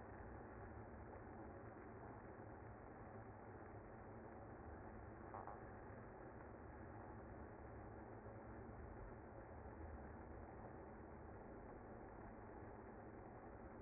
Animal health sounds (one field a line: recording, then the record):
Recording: honeybee colony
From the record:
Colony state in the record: active